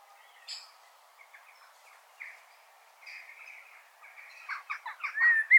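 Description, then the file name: Common blackbird: faint scattered notes, then a quick burst of louder notes and a thin whistle in the final second. "Turdus merula"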